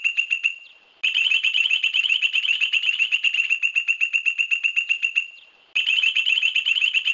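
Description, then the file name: Song of a point-tailed palmcreeper: rapid, evenly spaced ringing notes pour out in a strong four-second burst, drop off, then start again after a short silence. "Canto do limpa folha do buriti"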